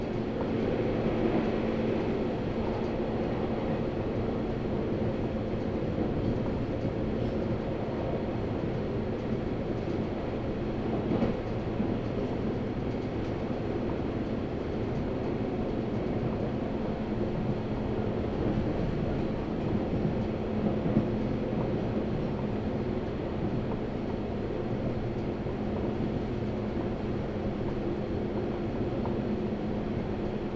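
A train on the Sasebo Line runs between Arita and Kitakata, heard as a steady, dense rumble that barely changes over the half minute. A low motor hum with a few steady tones rides on top, with faint rattles and a brief knock near eleven seconds.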